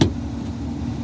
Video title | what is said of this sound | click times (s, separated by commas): 1997 Toyota corolla door panel removel | You hear it clicking like that. | 0.0 s